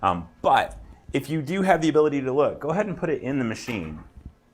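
A bobbin case, with the thread held against its front by a thumb, is being handled toward an embroidery machine's rotary hook while a man talks throughout. Nothing has seated or clicked yet; the clip ends before the case is pressed home.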